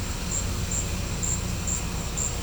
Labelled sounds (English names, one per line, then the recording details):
none
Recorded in pastures near Puerto Asís, Putumayo, Colombia, on 16 December 2024 at 16:30
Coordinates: 0.505, -76.324
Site G063